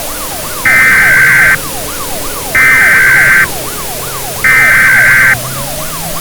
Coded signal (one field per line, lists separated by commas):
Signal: Emergency Alert System (SAME) tones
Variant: header bursts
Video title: The SMG3 Invasion: Zombie Plague: The Future (An EAS Scenario)